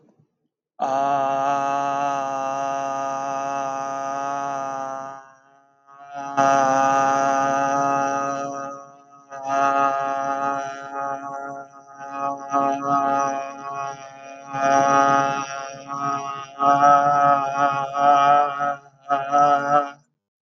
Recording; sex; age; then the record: vowel held as long as possible; male; 20 to 29 years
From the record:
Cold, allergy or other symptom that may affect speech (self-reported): no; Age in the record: 29 years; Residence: California, United States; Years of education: 15